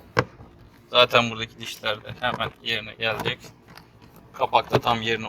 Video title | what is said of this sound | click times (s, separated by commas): Maf Sensörü Temizliği - Maf Sensörü Nedir ? | snaps into place as you see | 0.2 s